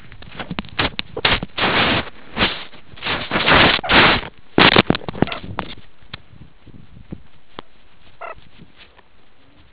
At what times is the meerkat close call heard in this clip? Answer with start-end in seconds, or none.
5.25-5.40, 8.19-8.36